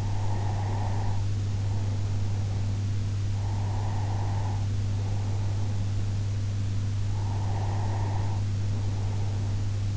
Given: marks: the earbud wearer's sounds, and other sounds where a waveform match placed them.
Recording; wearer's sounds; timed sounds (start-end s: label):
sounds in sleep by an in-ear microphone; breath
0.00-3.00 s: breath
3.29-6.08 s: breath
7.21-9.63 s: breath